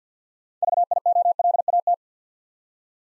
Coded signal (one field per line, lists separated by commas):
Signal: Morse code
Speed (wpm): 48 wpm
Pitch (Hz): 700 Hz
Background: none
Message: VIOLAT